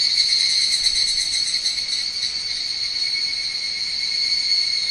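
Higurashi cicada call as a steady high ringing drone, no other clear sounds.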